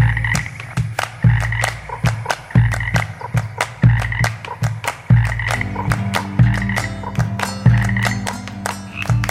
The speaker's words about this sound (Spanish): Cuando voy a traer agua me gusta quedarme un rato haciendo cantar las ranas pa' que bailen con los sapos.